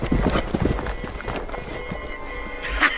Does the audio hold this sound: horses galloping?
yes